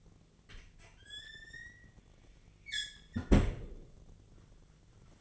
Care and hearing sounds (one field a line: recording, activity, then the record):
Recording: daily activity, microphone in the room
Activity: close fridge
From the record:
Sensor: 4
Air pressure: 1010.5 hPa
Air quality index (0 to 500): 178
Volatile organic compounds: 5 ppm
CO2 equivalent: 1804 ppm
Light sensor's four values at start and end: 27/82/32/33 and 33/98/38/39